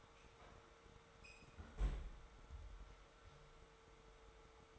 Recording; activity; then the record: daily activity, microphone in the room; close fridge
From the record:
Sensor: 3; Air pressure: 1015.0 hPa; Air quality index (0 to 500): 201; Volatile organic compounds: 29 ppm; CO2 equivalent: 2929 ppm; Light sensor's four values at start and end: 38/94/40/43 and 35/88/37/40